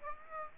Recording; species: mosquito wingbeat signal from an infrared sensor; Aedes aegypti